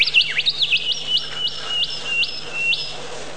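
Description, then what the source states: Bird song: a rapid run of high whistled notes sliding up and down, repeated several times over about three seconds. Many different bird sounds.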